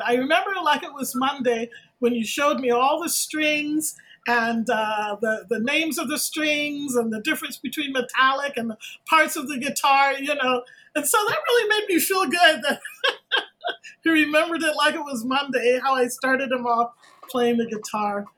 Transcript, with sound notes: "I remember like it was Monday when you showed me all the strings and the names of the strings and the difference between metallic and the parts of the guitar." That really made me feel good. [LAUGHTER] He remembered it like it was Monday, how I started him off playing the guitar.